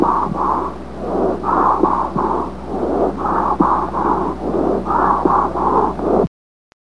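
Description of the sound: Short whispered syllables in repeated groups of about three come through the chest piece distinctly over a low steady hum. This is whispered pectoriloquy: whispered speech transmitted clearly through the chest wall, a sign of underlying lung consolidation.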